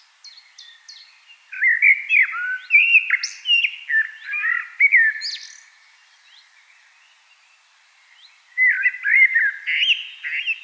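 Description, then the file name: Common blackbird song: soft high twitters, then a long rich whistled phrase with varied slurred notes, a short pause, and another fluty phrase. "Turdus merula"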